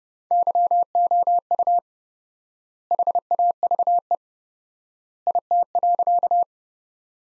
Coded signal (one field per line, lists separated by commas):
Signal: Morse code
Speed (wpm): 30 wpm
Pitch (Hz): 700 Hz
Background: none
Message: YOU HAVE IT.